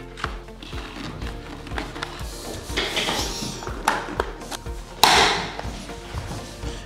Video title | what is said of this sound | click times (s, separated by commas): UKŁADANIE PANELI WINYLOWYCH – WSZYSTKO, CO MUSISZ WIEDZIEĆ! Moje triki i praktyczne wskazówki | i dociskamy mocniej, żeby zaskoczyło. W ten sposób. | 5.0 s